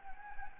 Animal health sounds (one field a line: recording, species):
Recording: mosquito wingbeat signal from an infrared sensor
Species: Anopheles gambiae